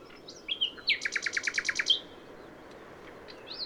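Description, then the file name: Common nightingale song: a brief whistle, then a rapid run of about ten identical loud notes, followed by a pause and a single high note. "Luscinia megarhynchos"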